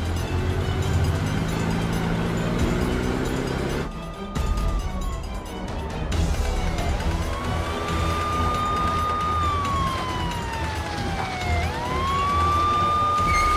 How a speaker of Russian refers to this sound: Машины милиции приехали к ангару.